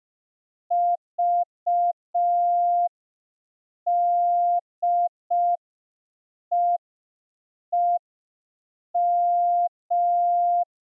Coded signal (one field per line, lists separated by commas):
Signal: Morse code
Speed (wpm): 5 wpm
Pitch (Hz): 700 Hz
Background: none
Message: VDEEM